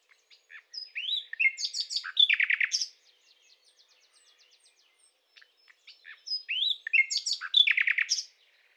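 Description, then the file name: Common nightingale song, two rich phrases of whistles and rapid chirps separated by a pause filled with soft, quiet notes. "Luscinia megarhynchos"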